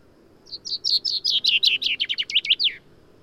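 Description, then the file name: Common chaffinch song: a bright descending series of notes ending in a sharp downward flourish, lasting about two seconds. "Fringilla coelebs"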